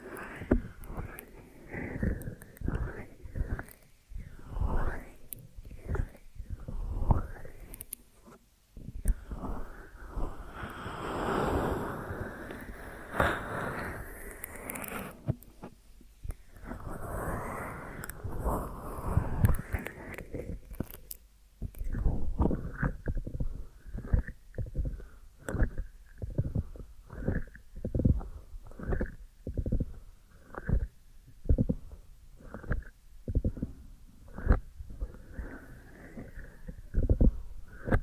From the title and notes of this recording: ASMR Deep Ear Massage for Sleep(No Talking).